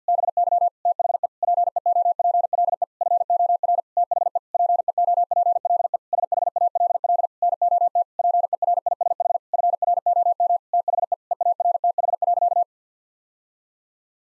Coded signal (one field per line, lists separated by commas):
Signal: Morse code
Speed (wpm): 50 wpm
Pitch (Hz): 700 Hz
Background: none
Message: BY THE PEOPLE FOR THE PEOPLE SHALL NOT PERISH FROM THE EARTH.